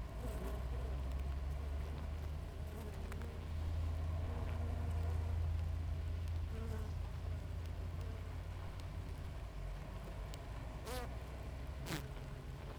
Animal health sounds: honeybee colony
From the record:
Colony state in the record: active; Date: 28 July 2017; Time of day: 5:46

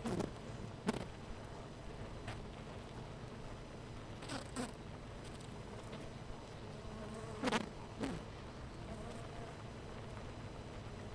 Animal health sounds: honeybee colony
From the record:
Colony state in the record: missing queen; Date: 14 July 2017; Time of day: 9:44

